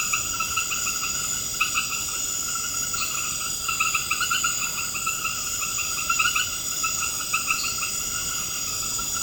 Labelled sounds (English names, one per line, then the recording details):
none
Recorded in secondary vegetation near Puerto Asís, Putumayo, Colombia, on 21 March 2025 at 20:00
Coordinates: 0.488, -76.319
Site G095